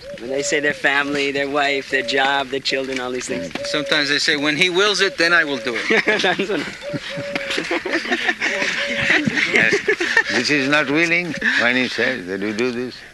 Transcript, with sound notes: They say their family, their wife, their job, their children, all these things.
Sometimes they say, "When He wills it, then I will do it." [laughter]
Yes. This is not willing, when He says that "You do this"?